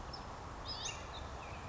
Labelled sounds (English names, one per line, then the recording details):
Western Flycatcher
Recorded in Sonoma County, California